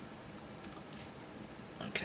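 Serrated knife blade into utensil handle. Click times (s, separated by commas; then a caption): 2.0 s. Someone slides the serrated knife blade of a composite camping utensil back into its handle, with faint sliding and handling noises under low background hiss. A sharp, short click at 1.96 s marks the blade seating in the handle, and then someone talks.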